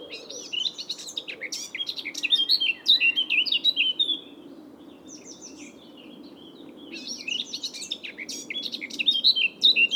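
Eurasian blackcap delivering two bursts of dense, fast warbling with loud fluty whistles, separated by a quieter stretch with a few soft notes.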